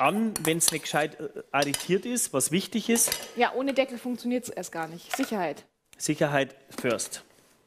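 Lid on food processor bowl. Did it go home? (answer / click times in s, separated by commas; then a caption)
no / none. A cook handles the lid of a food processor bowl while reassembling the kitchen machine, which only runs when the lid is properly locked. Someone talks throughout, with light clinks of cutlery and dishes in the background. The lid has not locked or seated yet when the clip ends.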